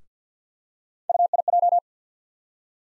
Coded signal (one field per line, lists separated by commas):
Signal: Morse code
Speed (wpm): 50 wpm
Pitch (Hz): 700 Hz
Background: none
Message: UIJ